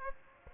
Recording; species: mosquito wingbeat signal from an infrared sensor; Aedes aegypti